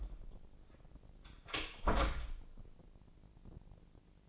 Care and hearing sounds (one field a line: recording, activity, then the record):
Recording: daily activity, microphone in the room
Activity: close door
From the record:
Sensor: 5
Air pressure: 1012.4 hPa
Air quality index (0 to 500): 160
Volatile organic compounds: 2 ppm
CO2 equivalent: 1085 ppm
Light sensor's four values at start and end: 211/514/214/235 and 205/499/208/228